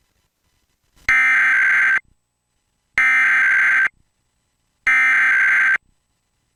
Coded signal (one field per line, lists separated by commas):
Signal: Emergency Alert System (SAME) tones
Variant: header bursts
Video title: EAS Mock: Useless Amber Alert